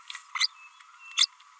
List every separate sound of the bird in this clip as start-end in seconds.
0.35-0.48, 1.16-1.26